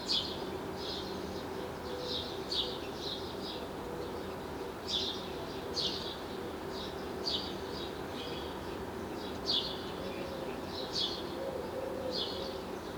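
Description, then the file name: House sparrow chirping, a run of short harsh chirps repeated irregularly throughout over steady background noise. "Passer domesticus"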